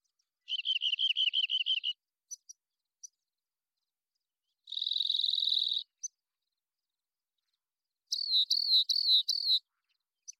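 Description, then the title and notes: Rock Wren song: a fast trill of about ten notes, a sustained buzzy phrase, then five slurred notes, with sparse high chips between. Long song sequence recorded in the Pacific Northwest, Washington, United States; isolated from a double mid-side recording, with natural pace and rhythm kept. "Rock Wren, Salpinctes obsoletus, long song sequence, isolated from Double mid-side original, natural pace and rhythm maintained Recorded in the beautiful Pacific Northwest, Washington, United States"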